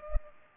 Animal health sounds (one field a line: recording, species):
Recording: mosquito wingbeat signal from an infrared sensor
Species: Culex pipiens